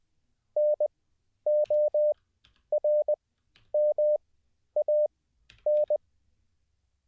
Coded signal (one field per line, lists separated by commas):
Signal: Morse code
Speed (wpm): 20 wpm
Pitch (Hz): 600 Hz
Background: none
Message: NORMAN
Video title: How To Learn Morse Code LIVE with N0SSC (Day 24)